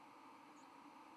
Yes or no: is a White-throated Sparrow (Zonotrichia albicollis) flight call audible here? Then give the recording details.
no. Another species' flight call is heard. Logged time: 05:46 on 31 October 2014